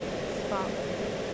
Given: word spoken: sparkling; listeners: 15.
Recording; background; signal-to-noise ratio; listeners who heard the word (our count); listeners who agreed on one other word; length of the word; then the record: one English word in noise, from a listening test; speech-shaped noise; -6.9 dB; 2 of 15; 9 of 15; 0.94 s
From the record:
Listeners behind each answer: 9, 2, 1, 1, 1, 1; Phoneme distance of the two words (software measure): 21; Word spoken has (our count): 2 syllables, 7 phonemes, stress on syllable 1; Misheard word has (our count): 1 syllable, 4 phonemes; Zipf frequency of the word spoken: 3.76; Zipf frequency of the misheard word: 3.85